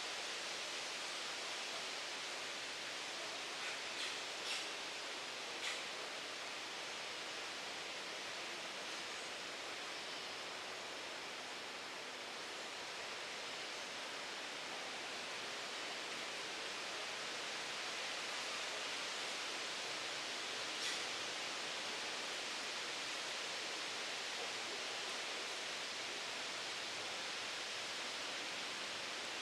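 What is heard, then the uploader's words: At Wekiva River Conservation Area, a steady, dense, bright hiss runs throughout, broken by a few brief clicks early on and near 21 seconds. Wekiva River Conservation Area, on the northern edge of suburban Orlando, Florida.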